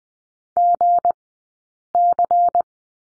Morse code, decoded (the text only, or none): GC